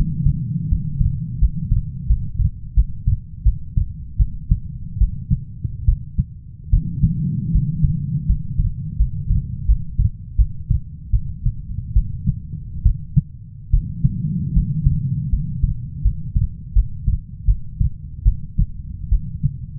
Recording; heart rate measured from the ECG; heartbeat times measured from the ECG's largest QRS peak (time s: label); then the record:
heart sounds by stethoscope; 78 bpm
0.70 s: heartbeat
1.40 s: heartbeat
2.08 s: heartbeat
2.75 s: heartbeat
3.44 s: heartbeat
4.18 s: heartbeat
4.99 s: heartbeat
5.86 s: heartbeat
6.71 s: heartbeat
7.52 s: heartbeat
8.27 s: heartbeat
8.98 s: heartbeat
9.67 s: heartbeat
10.37 s: heartbeat
11.11 s: heartbeat
11.94 s: heartbeat
12.84 s: heartbeat
13.71 s: heartbeat
14.54 s: heartbeat
15.30 s: heartbeat
16.03 s: heartbeat
16.74 s: heartbeat
17.46 s: heartbeat
18.23 s: heartbeat
19.10 s: heartbeat
From the record:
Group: healthy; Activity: rest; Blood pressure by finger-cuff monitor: 150/66 mmHg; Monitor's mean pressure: 91 mmHg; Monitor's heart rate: 80 bpm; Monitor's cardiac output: 7.8 L/min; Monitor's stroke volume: 109 mL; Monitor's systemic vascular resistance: 810 dyn s/cm5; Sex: female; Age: 37 years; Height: 168 cm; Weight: 70 kg